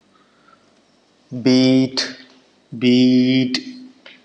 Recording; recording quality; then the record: sustained vowel as in beet; moderate, slight background noise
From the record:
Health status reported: healthy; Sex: male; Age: 27 years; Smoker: yes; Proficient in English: yes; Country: India